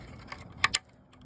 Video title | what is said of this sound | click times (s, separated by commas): How To Install A Weatherproof Cover On An Outdoor GFCI Electrical Outlet - DIY | So, we're going to snap that into place. | 0.6 s, 0.8 s